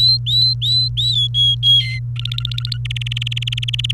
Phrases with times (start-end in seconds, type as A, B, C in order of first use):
0.00-1.27 A, 1.34-1.99 B, 2.16-2.77 C, 2.85-3.92 D